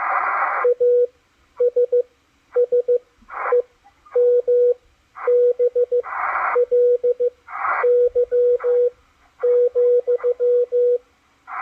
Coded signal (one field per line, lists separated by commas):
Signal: Morse code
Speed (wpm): 15 wpm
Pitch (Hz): 490 Hz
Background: radio noise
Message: ASSEMBLY,